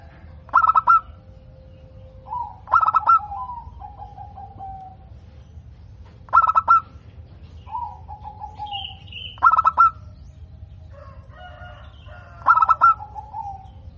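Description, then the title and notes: Zebra dove song, short rattling coo bursts repeated every few seconds, separated by softer descending coos, with an occasional high whistled note from another bird. Local perkutut, described as gacor (singing frequently) with a loud, clear 'crystal' voice. "PERKUTUT LOKAL GACOR Suara KRISTAL LANTANG. Kicau Burung Perkutut"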